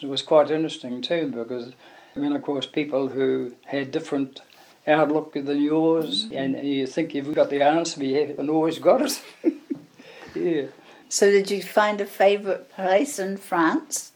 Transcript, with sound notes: It was quite interesting too, because you ran across people who had different outlook than yours, and you think you’ve got the answer but you haven’t always got it. [Chuckles] Yeah. So did you find a favourite place in France?